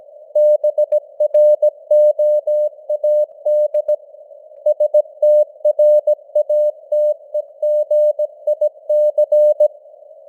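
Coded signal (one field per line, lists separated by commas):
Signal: Morse code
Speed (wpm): 17 wpm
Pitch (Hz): 600 Hz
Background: none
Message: BROAD STRATEGIC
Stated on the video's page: Simulated Morse news at 17 wpm with artificial radio noise and varying signal strength (QSB fading).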